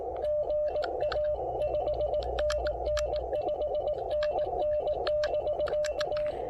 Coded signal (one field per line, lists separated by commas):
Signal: Morse code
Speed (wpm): 18 wpm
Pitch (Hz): 600 Hz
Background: none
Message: GA 5NN 5NN <BK>